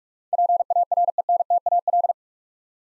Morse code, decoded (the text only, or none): PARENTAL